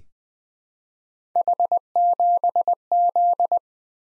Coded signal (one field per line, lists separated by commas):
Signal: Morse code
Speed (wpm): 20 wpm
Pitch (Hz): 700 Hz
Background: none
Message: H7Z